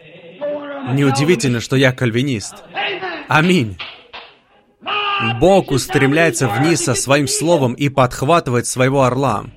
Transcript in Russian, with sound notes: Неудивительно, что я — кальвинист. Аминь! [Брат Бранхам хлопает в ладоши—Ред.]
E-131 Бог устремляется вниз со Своим Словом и подхватывает Своего орла,